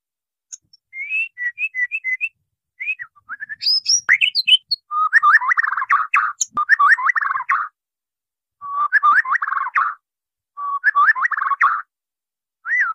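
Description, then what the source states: White-rumped shama: short whistled notes building into loud, dense churring warbled phrases, repeated in bursts with brief gaps. Murai batu masteran, a training recording for caged birds; 'Labaik' named.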